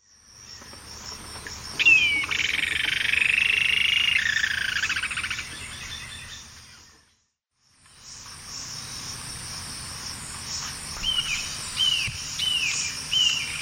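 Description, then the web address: White-eared jacamar giving high whistled calls, including a run of a few descending whistles, with a high pulsing insect chorus throughout. Eastern lowlands of South America. "Natures Songs S America Eastern Lowlands. White-eared Jacamar"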